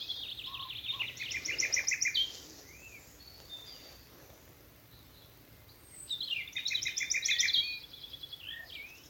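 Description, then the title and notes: Common nightingale delivering two song phrases of rapid repeated chirping notes stacked at different pitches, separated by a few seconds of near silence. Nightingales singing from thickets of a Dorset wood in the evening as dew falls, Alners Gorse nature reserve run by Butterfly Conservation, Dorset. "Sound Escape 11: the glorious song of nightingales from a Dorset wood. it's evening at Alners Gorse, a nature reserve in Dorset run by Butterfly Conservation . As the dew falls, the extraordinary song of nightingales rises from the thickets. Recorded by Martin Maudsley. BBC Countryfile Magazine"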